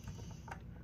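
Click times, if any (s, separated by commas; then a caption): 0.5 s. An odometer memory chip from a Honda Click V2 is placed in the first row of the I-prog programmer's chip socket, and the socket lever is locked. A short tick is heard at 0.5 s as the lever locks, and the chip is seated.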